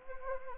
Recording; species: mosquito wingbeat signal from an infrared sensor; Anopheles arabiensis